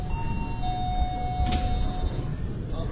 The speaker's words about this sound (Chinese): 那来人了，就开门。